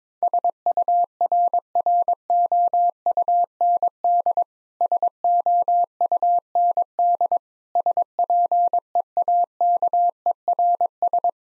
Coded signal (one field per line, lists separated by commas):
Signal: Morse code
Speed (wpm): 22 wpm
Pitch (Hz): 700 Hz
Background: none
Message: SURROUND SOUND SPEAKERS